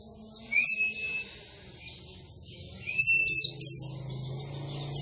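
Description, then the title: White-eye: high-pitched song of scattered sharp downslurred chirps and thin steady whistles, with a soft background hum. Pleci singing actively (gacor), in the nembak panjang style of long rapid trills, with canary-like (kenarian) phrases. "Pleci Gacor. Pleci Nembak Panjang Istimewa Full Kenarian SobekSobek"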